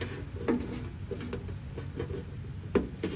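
A small rubber drain grommet is pushed into the drain hole in the bottom plate of a VW Bug's front apron. Faint handling knocks and rubbing lead up to a sharp snap at 2.8 s as the grommet seats in the hole.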